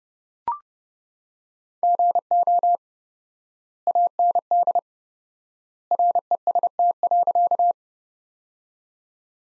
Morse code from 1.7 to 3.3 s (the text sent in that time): GO